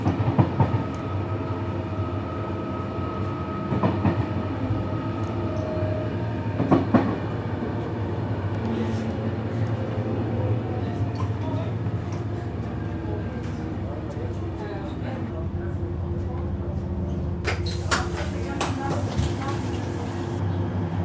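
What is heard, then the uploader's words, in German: Inside a train carriage on an evening ride, a steady low rumble and hum fills the space while the tracks rattle and clack in irregular bursts, sharper around four, seven and eighteen seconds. Faint voices surface now and then in an otherwise quiet compartment. Abendliche Zugfahrt, ratternde Gleise | Train ride, rattling tracks. Entspanne mit dem beruhigenden Rattern einer abendlichen Zugfahrt, kaum Menschen und viel Stille im Abteil.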